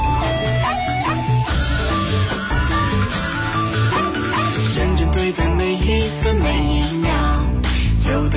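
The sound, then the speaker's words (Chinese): A festive song intro for the Year of the Dog New Year, sung as a greeting by a family of three, plays as a full, loud instrumental arrangement with a bright melody over a steady bass and beat. No voices are heard. “就是他们一家三口在狗年给大家送出的一份祝福，带有浓浓的节日气氛。”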